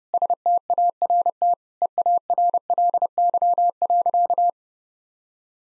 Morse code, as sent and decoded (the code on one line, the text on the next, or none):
... - .- .-. - / . .- .-. .-.. -.-- .-.-.-
START EARLY.